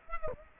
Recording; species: mosquito wingbeat signal from an infrared sensor; Aedes aegypti